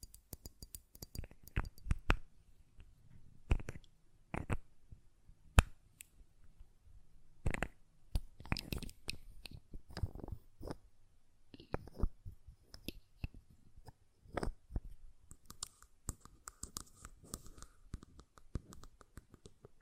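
Glass perfume bottle tapping and lid sounds: sharp, bright taps and clicks arrive irregularly throughout, sometimes in quick clusters and sometimes alone. After about twelve seconds, softer scraping and rubbing fill the gaps, with faint, breathy rustling underneath.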